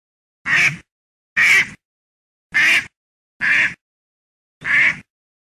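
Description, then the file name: Duck quacking: five harsh, nasal calls, each short and loud, with silence between. "kaczka"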